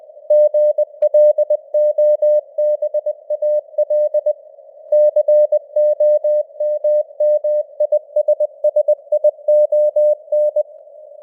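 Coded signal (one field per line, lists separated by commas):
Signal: Morse code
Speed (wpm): 20 wpm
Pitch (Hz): 600 Hz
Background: none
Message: GLOBAL COMMISSION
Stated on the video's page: News headlines sent in Morse at 20 wpm with simulated radio noise and varying signal strength (QSB); an experiment.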